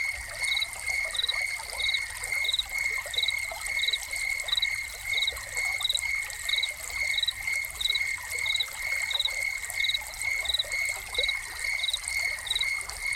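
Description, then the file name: Cricket chirps, quick pulsed bursts repeating evenly throughout, a steady high pulse train beneath, with running water trickling continuously behind. Crickets recorded together with a fountain as a soundscape. "Crickets and Fountain"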